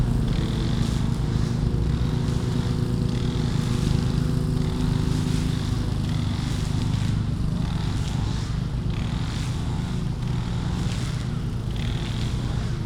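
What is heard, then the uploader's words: Several lawn mower engines drone together at a steady, unbroken loudness, their low, rumbling tones layered into a thick hum. Brighter rushing swells rise over the drone every few seconds, and the overall level stays constant throughout. Mürafoonia Muruniidukitel is a performance/composition for lawn mowers by Taavi Suisalu, conducted by Andrus Kallastu and performed/recorded during the UIT festival in Tartu, Estonia. Noisephony of Lawn Mowers.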